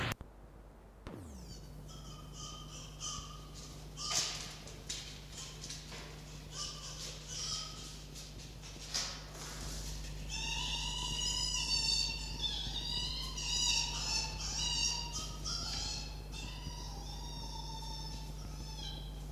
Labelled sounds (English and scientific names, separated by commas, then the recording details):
Red Fox (Vulpes vulpes)
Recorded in captivity
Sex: diverse
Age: adult
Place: Zoologisches Institut der HUB, Berlin, DE
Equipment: Elmetra
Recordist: Tembrock, Günter